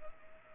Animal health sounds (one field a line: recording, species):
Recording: mosquito wingbeat signal from an infrared sensor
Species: Culex pipiens